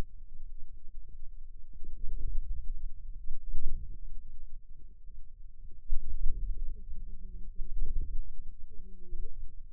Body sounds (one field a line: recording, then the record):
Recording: forearm muscle sounds (acoustic myography)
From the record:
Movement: inward rotation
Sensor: system 2, bracelet of six BSWA MPA416 microphones around the upper forearm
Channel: 1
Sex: female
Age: 21 years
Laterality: right